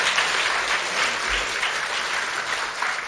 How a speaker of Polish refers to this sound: za to wielkie brawa poproszę dla tego pana.